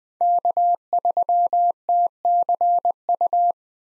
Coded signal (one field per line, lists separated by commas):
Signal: Morse code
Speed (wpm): 20 wpm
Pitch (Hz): 700 Hz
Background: none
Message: K3TCU